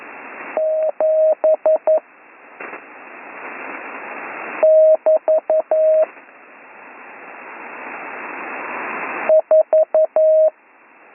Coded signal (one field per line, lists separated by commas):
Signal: Morse code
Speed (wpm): 11 wpm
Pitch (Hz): 630 Hz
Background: radio noise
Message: 7 <BT> 4